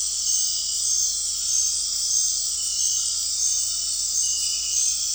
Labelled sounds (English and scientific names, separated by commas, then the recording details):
none
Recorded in dense forest near Puerto Asís, Putumayo, Colombia, on 9 March 2025 at 20:00
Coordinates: 0.499, -76.324
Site GP03